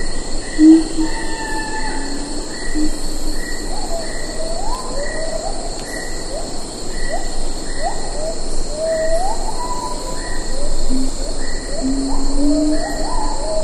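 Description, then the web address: Siamang: assorted rising, wavering hoots and upward slides, against regularly pulsing insects and a constant high drone. "earth naturelibrary assets s si siamang"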